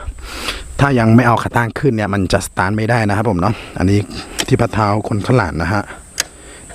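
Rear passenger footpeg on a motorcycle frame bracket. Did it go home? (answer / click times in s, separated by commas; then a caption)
yes / 6.2 s. Someone talks while the rear passenger footpeg on the frame bracket of a GPX Drone 150 motorcycle is folded into position. A single sharp knock at 6.2 seconds is the footpeg locking into place.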